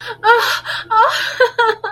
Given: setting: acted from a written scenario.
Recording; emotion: vocal sound without words; elation